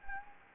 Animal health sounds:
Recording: mosquito wingbeat signal from an infrared sensor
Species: Anopheles gambiae

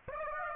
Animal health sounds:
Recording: mosquito wingbeat signal from an infrared sensor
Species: Aedes aegypti

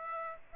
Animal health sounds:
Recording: mosquito wingbeat signal from an infrared sensor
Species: Aedes aegypti

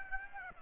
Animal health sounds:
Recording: mosquito wingbeat signal from an infrared sensor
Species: Aedes aegypti

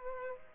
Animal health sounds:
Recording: mosquito wingbeat signal from an infrared sensor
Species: Aedes aegypti

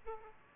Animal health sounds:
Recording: mosquito wingbeat signal from an infrared sensor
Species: Aedes aegypti

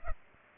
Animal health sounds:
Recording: mosquito wingbeat signal from an infrared sensor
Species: Culex pipiens

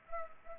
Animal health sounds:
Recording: mosquito wingbeat signal from an infrared sensor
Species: Culex pipiens

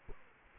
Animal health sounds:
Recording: mosquito wingbeat signal from an infrared sensor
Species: Culex quinquefasciatus

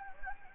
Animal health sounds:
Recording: mosquito wingbeat signal from an infrared sensor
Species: Anopheles gambiae

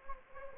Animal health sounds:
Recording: mosquito wingbeat signal from an infrared sensor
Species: Anopheles gambiae

